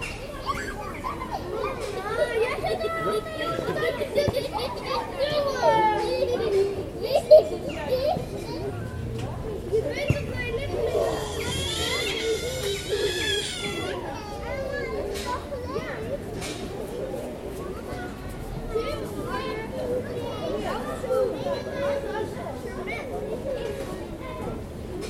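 Children play at a playground, their voices constant and overlapping, with shouts and high calls rising above a dense murmur of chatter. Louder bursts come around seven and twelve seconds, while a low steady hum of the surrounding city runs underneath.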